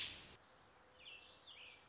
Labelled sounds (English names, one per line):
American Robin